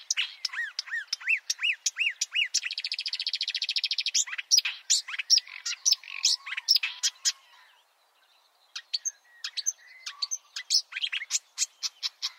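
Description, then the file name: Marsh warbler song: arched whistles, a dense buzzy trill and sharp ticks, a short silence, then softer varied chatter and clicks. "suara kicauan burung marsh warbler. omkicau"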